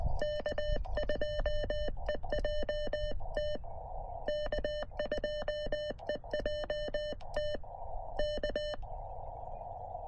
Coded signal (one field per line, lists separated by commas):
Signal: Morse code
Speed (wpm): 20 wpm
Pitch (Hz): 3000 Hz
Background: none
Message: K2EJT K2EJT K